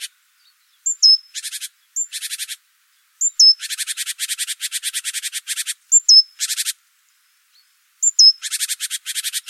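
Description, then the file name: Great tit call: a sharp high hooked note followed by a fast buzzy rattling chatter, repeated in bursts every second or two. "Parus major"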